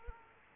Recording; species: mosquito wingbeat signal from an infrared sensor; Aedes aegypti